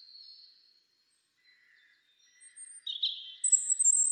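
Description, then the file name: European robin giving a faint thin whistle, a few faint notes, then a brief louder note and a very high sustained squeaky phrase at the end. "Erithacus rubecula"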